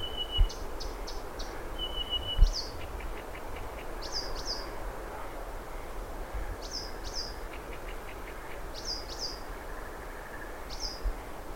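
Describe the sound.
Blyth's Reed Warbler song: varied phrases of sharp rising whistles, quick ticking notes and short thin trills, repeated in an unhurried rhythm against steady hiss with occasional knocks.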